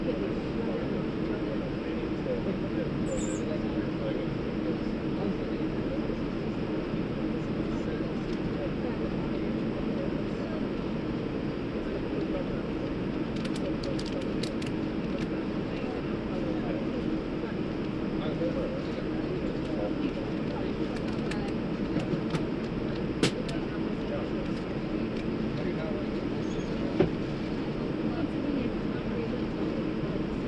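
An airplane waiting for departure fills the clip with a steady, dense low rumble that barely changes over thirty seconds. Faint murmurs like voices sit within the drone, and a few small clicks and ticks appear around the middle and near the end.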